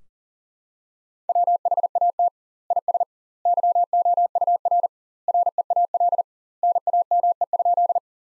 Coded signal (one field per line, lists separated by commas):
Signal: Morse code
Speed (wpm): 37 wpm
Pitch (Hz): 700 Hz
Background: none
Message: WHAT IS YOUR REAL NAME?